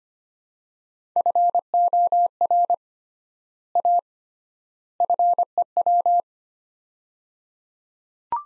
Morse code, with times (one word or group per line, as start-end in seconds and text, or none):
1.2-2.7 FOR
3.8-4.0 A
5.0-6.2 FEW